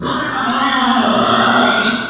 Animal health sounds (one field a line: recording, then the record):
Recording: squeal of a Yucatan mini pig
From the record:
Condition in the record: after surgery on the right vocal fold (resection and tissue-engineered implant)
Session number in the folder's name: 15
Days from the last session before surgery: 175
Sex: female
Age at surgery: 19 weeks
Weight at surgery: 25 kg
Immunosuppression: prednisolone